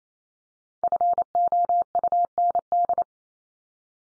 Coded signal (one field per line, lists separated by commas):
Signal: Morse code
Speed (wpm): 28 wpm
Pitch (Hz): 700 Hz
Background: none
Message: FOUND